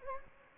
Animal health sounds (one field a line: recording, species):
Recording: mosquito wingbeat signal from an infrared sensor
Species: Anopheles gambiae